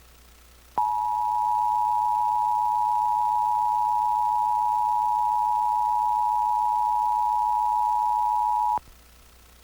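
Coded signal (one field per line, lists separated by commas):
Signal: Emergency Alert System (SAME) tones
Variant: 853 and 960 Hz attention tone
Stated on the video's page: Pennsylvania Required Monthly Test received on AM, FM and TV stations and a cable system.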